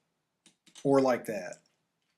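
A click-type torque wrench is pulled again on an engine bolt until it clicks at its setting, confirming the torque is reached. Two short clicks are heard at 0.5 s and 0.7 s, followed by someone talking.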